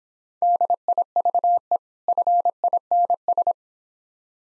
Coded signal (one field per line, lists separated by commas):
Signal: Morse code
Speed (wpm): 26 wpm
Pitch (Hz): 700 Hz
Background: none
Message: DIVE FINS